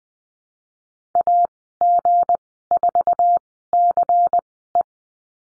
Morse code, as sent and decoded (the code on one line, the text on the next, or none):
.- --. ....- -.-. .
AG4CE